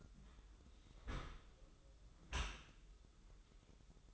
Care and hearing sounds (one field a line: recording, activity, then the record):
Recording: daily activity, microphone in the room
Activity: close dishwasher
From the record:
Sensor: 3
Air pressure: 995.8 hPa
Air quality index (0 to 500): 97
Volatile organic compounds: 14 ppm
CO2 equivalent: 2436 ppm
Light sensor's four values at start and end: 28/85/36/31 and 29/86/36/31